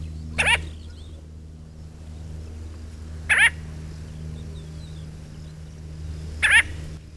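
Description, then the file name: Tern giving three short, harsh, rasping calls spaced about three seconds apart, over a steady low hum. "Sterna"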